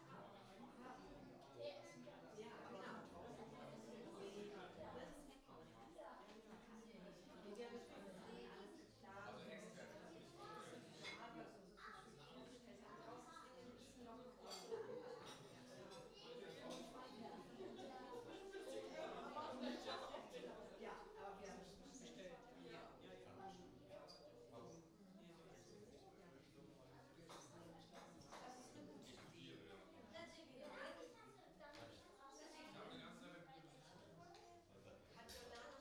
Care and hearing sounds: everyday scene through a hearing-aid microphone; many people talking; many voices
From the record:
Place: parish hall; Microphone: in the ear canal, right

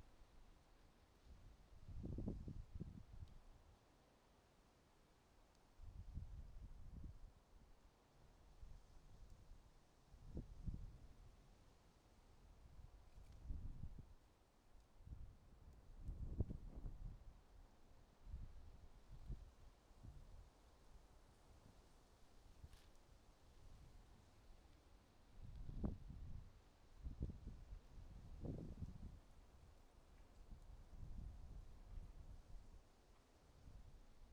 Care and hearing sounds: everyday scene through a hearing-aid microphone; wind on the microphone; wind, traffic, birds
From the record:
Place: suburban garden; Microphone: in the ear canal, right

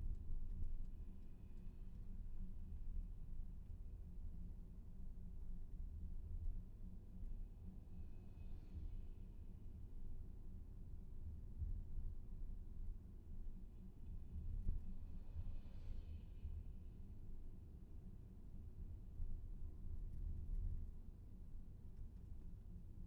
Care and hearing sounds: everyday scene through a hearing-aid microphone; in a vehicle; engine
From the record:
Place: VW T5 Caravelle, diesel engine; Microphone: behind the ear, left, rear

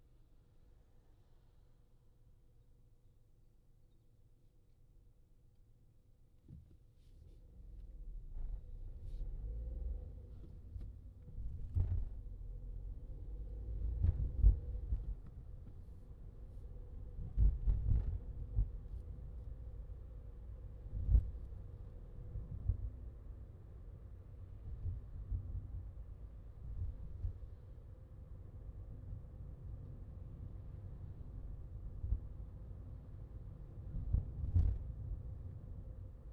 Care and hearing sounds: everyday scene through a hearing-aid microphone; in a vehicle; engine, highway traffic jam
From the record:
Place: Skoda Fabia, gasoline engine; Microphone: in the ear canal, left

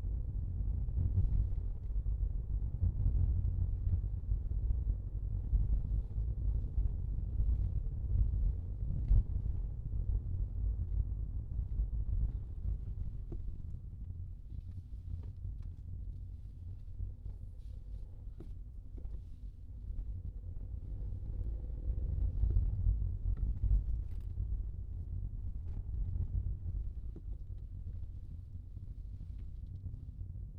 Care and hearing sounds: everyday scene through a hearing-aid microphone; in a vehicle; engine, rumble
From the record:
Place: Skoda Fabia, gasoline engine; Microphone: in the ear canal, left

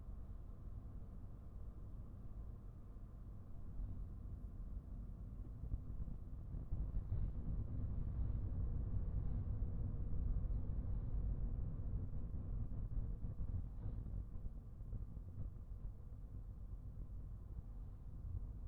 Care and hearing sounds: everyday scene through a hearing-aid microphone; in a vehicle; engine, traffic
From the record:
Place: Skoda Fabia, gasoline engine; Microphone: behind the ear, right, rear

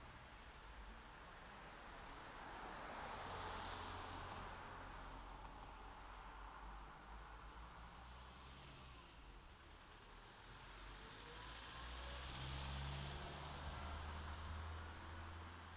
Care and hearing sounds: everyday scene through a hearing-aid microphone; in traffic; traffic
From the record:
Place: city secondary road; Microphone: in the ear canal, left

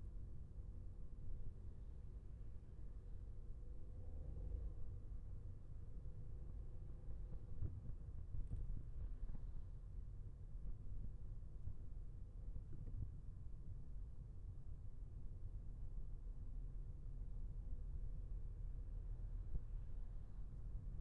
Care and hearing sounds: everyday scene through a hearing-aid microphone; in a vehicle; engine, traffic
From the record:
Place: Skoda Fabia, gasoline engine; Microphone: behind the ear, left, rear

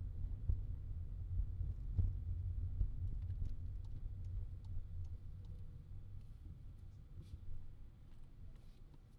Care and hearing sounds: everyday scene through a hearing-aid microphone; in a vehicle; engine, rumble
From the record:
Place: Skoda Fabia, gasoline engine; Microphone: in the ear canal, left

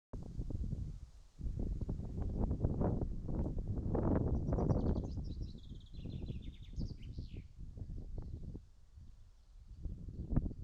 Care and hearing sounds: everyday scene through a hearing-aid microphone; wind on the microphone; wind, birds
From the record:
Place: in front of a rural house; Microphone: in the ear canal, right

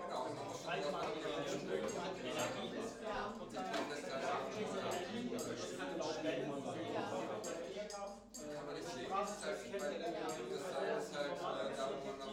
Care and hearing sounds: everyday scene through a hearing-aid microphone; many people talking; many voices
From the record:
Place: bistro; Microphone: in the ear canal, left

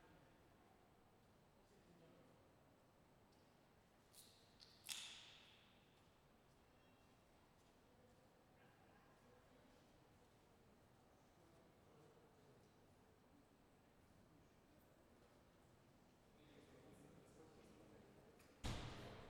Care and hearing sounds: everyday scene through a hearing-aid microphone; reverberant space; background noise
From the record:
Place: railway station hall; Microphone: behind the ear, left, rear

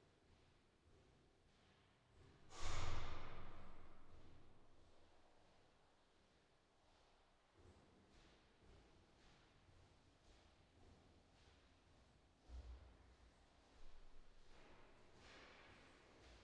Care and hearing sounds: everyday scene through a hearing-aid microphone; reverberant space; background noise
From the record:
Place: staircase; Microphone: in the ear canal, left

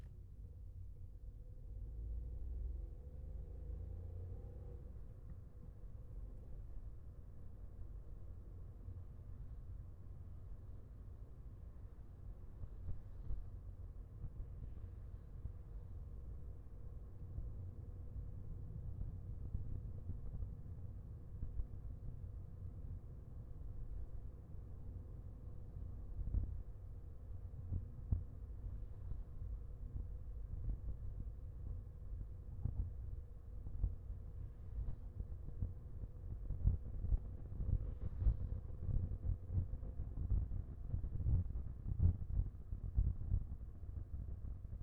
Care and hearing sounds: everyday scene through a hearing-aid microphone; in a vehicle; engine, highway driving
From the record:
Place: Skoda Fabia, gasoline engine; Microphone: behind the ear, left, front

